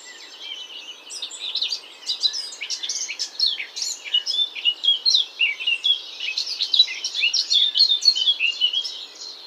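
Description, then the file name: Eurasian blackcap song, a continuous, hurried warble of scratchy chatter mixed with clear, high whistled notes, quieter at the start and louder and varied from about two seconds on. "Sylvia atricapilla"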